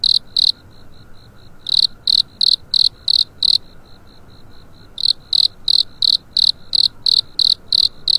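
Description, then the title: Cricket alternating runs of loud, high chirps at about three per second with short spells of faint chirping, over a faint steady hum. Cricket awakening on a spring night. "春夜里苏醒的蟋蟀"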